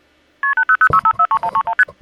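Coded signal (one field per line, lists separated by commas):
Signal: multi-frequency trunk signalling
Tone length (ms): 90 ms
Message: KP00653131ST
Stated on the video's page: Multi-frequency tones from a recreation of a blue box.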